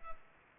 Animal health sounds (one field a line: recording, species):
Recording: mosquito wingbeat signal from an infrared sensor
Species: Culex pipiens